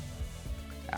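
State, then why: Seated. On a Porsche 718 Spyder RS, a removable convertible top trim panel has its rail dropped into its track on the car body and is pushed down. A single sharp click at 0.9 s over a low, steady background hum shows the panel has seated and is tight in place.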